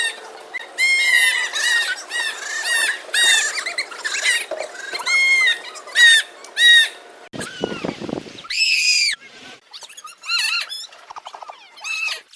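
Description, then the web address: Goat bleating, many short quavering cries in a busy sequence, some higher and rougher, with brief gaps between bursts. "doublenight goat"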